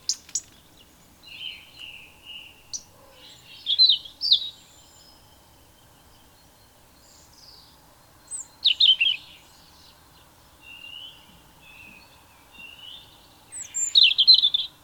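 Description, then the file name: European robin delivering scattered high, wavering whistles and bursts of sharp, tinkling notes, separated by pauses. "Erithacus rubecula"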